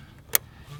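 On a 2017-2019 F250, the blue fuel line's quick-connect is pushed onto the fuel filter housing and then checked for snug. A single sharp, loud, broadband click at 0.4 s (0.35 s) marks it seating, with only a low, quiet rumble before and after. The quick-connect is confirmed seated.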